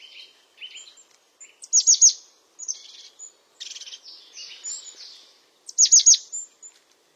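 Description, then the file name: European crested tit song: soft high notes and buzzy trills, punctuated twice by loud bursts of quick descending chirps about four seconds apart. "Canto do chapim de crista"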